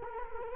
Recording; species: mosquito wingbeat signal from an infrared sensor; Culex quinquefasciatus